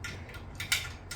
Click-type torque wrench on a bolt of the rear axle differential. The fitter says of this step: Did you guys hear it? Click.